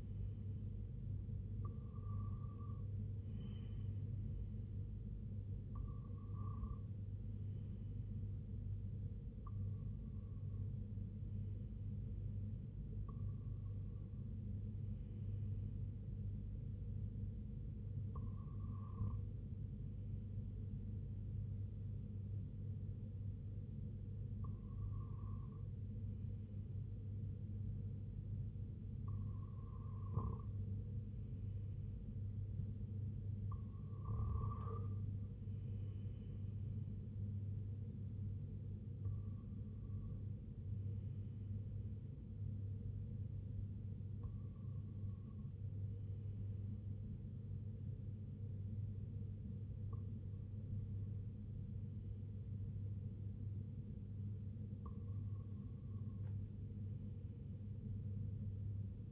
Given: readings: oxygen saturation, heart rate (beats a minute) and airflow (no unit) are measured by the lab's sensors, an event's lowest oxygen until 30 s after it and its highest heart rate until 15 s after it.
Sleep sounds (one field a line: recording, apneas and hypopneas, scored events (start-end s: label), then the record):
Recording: breathing in sleep by a smartphone at the bedside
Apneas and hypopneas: none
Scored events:
none scored
From the record:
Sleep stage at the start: REM sleep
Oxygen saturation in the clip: 95 to 96%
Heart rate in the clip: 71 to 83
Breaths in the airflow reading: 12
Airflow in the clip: -5.9 to 3.7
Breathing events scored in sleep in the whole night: 258 in 7.4 hours asleep